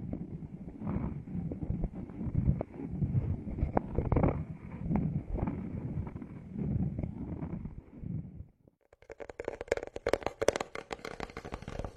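A spa massage with wooden tools: for about eight seconds there is a dense, low rubbing and kneading sound with soft thumps and a faint steady whine above it. After a brief silence, a bright, rapid crackling and scratching fills the last three seconds.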